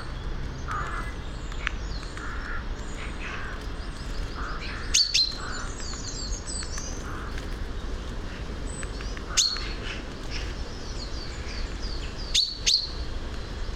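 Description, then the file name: Common chaffinch sharp, bright call notes, a few loud ones spaced several seconds apart, over a busy chorus of other chirping birds and a steady low rumble. "Fringilla coelebs"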